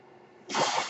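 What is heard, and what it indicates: A faint hiss swells abruptly into a loud, airy rush: a home mechanical ventilator delivering a breath.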